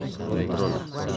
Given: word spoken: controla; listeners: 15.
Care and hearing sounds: one Spanish word in noise, from a listening test; eight-talker babble; -1.8 dB; 1 of 15; 9 of 15; 0.77 s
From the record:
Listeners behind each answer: 9, 1, 1, 1, 1, 1, 1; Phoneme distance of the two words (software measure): 7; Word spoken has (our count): 3 syllables, 8 phonemes, stress on syllable 2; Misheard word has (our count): 2 syllables, 7 phonemes, stress on syllable 2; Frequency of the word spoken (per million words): 11.36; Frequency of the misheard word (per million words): 165.30

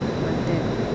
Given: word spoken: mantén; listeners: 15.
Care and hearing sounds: one Spanish word in noise, from a listening test; speech-shaped noise; -5.1 dB; 4 of 15; 7 of 15; 0.55 s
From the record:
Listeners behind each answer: 7, 4, 2, 1, 1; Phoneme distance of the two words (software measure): 10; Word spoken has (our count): 2 syllables, 6 phonemes, stress on syllable 2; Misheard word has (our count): 2 syllables, 6 phonemes, stress on syllable 2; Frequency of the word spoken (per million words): 0.49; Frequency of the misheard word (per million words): 3.67

